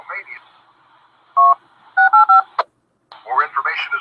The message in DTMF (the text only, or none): 685